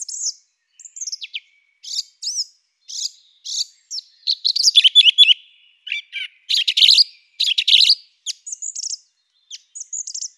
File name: Song Thrush